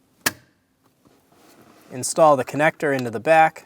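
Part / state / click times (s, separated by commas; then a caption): turn signal combination switch into steering column housing / seated / 0.3 s. A new turn signal and dimmer combination switch for a 2016–2025 Chevrolet Malibu is pushed onto the steering column housing until its plastic tabs catch. A single sharp click is heard at 0.3 s as it seats, followed by near silence. Someone then talks.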